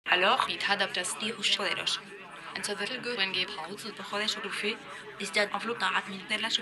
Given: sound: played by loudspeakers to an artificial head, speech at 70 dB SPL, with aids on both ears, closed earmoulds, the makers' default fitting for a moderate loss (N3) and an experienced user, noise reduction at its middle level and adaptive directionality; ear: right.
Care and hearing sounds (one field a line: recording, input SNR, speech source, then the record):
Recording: speech test signal (ISTS) in cocktail-party noise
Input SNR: +3 dB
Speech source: on the right (90 degrees)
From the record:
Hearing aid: class 1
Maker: E